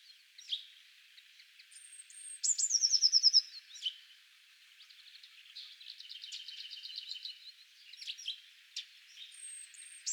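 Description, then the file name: Eurasian blue tit singing: a thin, very high whistle leads into a fast descending string of sharp notes, with scattered twittering and chatter throughout. "Cyanistes caeruleus"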